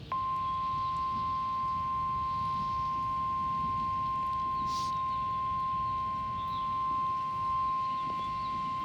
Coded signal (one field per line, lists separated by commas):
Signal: Emergency Alert System (SAME) tones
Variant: 1050 Hz attention tone